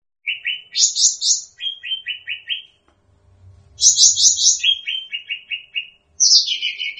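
Bird song in three bursts of quick repeated chirps, high trills dropping to lower, evenly spaced notes, with short silent gaps between phrases.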